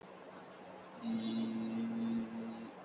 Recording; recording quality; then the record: sustained vowel as in beet; moderate, slight background noise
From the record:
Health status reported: COVID-19 positive, no symptoms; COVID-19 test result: positive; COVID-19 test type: RT-PCR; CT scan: not taken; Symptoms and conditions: cough, cold, sore throat, fever, fatigue, asthma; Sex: male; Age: 20 years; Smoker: no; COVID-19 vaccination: both doses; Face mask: worn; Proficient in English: yes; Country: India